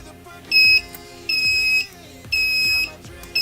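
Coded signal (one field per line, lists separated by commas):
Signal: alarm pattern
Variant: conventional fire alarm panel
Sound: high-pitched buzzer beeps, roughly half-second long, repeating about once per second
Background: low background hum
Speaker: also if you have a water flow switch or something then you could get a supervisory it beeps a little bit faster usually supervisor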